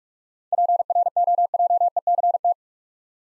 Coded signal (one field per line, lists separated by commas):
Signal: Morse code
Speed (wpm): 42 wpm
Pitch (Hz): 700 Hz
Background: none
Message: PROJECT